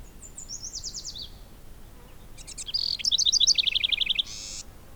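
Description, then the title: Bird chirps: a quick descending series of high notes, then after a pause a burst of rapid, repeated high chips and trills, over faint background hiss. "neoscenes: birds"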